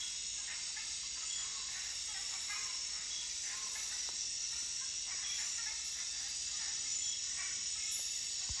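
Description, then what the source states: Cicadas singing a continuous high, hissing buzz with a rapid pulsing texture. Recorded at night.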